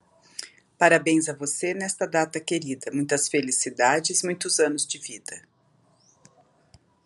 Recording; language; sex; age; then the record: short text; Brazilian Portuguese; male; 50 to 59 years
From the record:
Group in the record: control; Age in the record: 56 years